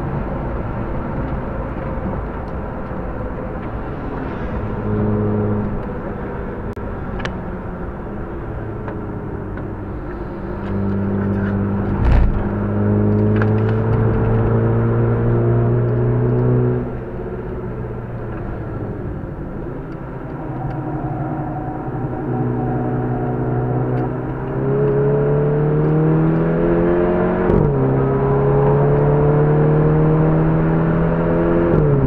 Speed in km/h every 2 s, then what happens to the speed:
135, 128, 124, 113, 93, 87, 96, 105, 116, 91, 71, 74, 91, 119, 137, 153.
0-9 brakes to 87. 9-16 speeds up to 116. 16-22 brakes to 74. 22-32 speeds up to 153.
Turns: 19-25.